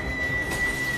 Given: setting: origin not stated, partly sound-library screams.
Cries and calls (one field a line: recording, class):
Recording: one-second piece from a danger detection set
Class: woman in danger